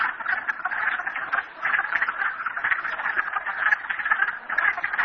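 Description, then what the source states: Frog chorus of many overlapping trilled calls forming an unbroken, throbbing din that dips briefly early on. Frogs at Merryspring.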